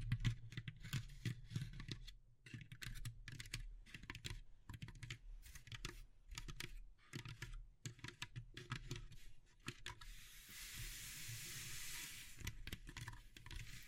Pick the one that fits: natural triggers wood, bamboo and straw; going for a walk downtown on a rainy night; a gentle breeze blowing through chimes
natural triggers wood, bamboo and straw